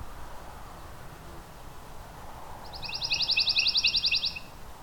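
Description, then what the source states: Pine Warbler song: a quick trill of rapid repeated notes after a quiet stretch, lasting about one and a half seconds. Singing male right overhead; short warbly song that fades in and out; tail seems to vibrate while singing, with much energy put into the song.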